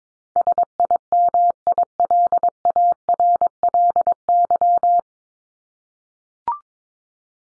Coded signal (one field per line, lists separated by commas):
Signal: Morse code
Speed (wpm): 22 wpm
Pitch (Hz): 700 Hz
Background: none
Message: SIMILARLY